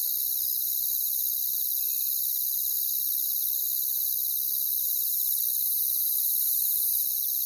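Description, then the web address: High, continuous cricket trilling from many insects, a dense unbroken shimmer with no pauses. "Nature Songs Nature Sounds Sounds of Nature Collection Crickets"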